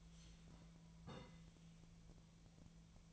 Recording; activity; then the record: daily activity, microphone in the room; take from stove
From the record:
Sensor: 1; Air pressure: 1009.9 hPa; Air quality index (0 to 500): 187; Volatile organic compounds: 17 ppm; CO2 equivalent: 2567 ppm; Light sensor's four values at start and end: 37/95/40/48 and 37/95/40/48